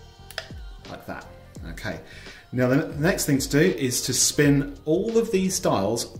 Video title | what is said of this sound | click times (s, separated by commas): How to recover the combination on a Lowe & Fletcher 2800 cam lock. | way until you hear it click like | 0.4 s